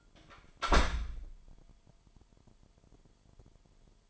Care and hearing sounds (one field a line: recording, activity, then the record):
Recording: daily activity, microphone in the room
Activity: close door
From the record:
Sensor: 5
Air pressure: 998.5 hPa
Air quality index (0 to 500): 82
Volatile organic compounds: 1 ppm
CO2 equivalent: 930 ppm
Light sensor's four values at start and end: 34/82/34/38 and 34/83/34/38